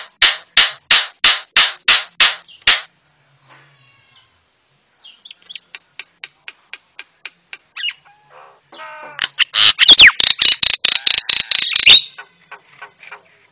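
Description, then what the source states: Javan myna song: loud harsh rasping pulses in a fast series, a pause, softer clicks, then a dense burst of grating notes and scratchy chatter. Masteran for training cage birds; white-eyed form (mata putih).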